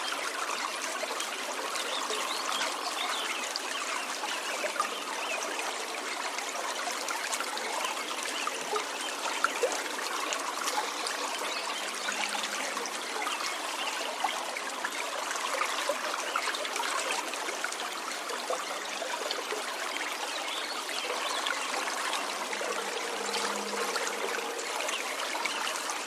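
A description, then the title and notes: A river runs steadily close by, a dense bright rushing with quick trickling detail and faint low tones drifting through the water. An early morning recording beside the Upper McCloud River in Shasta-Trinity National Forest in Siskiyou County, California. Recorded on International Dawn Chorus Day. This recording, free from human interaction, was created by Audio Artist Kelly Rafuse with a Wildtronics Stereo Ambient Array Microphone to a Zoom F6.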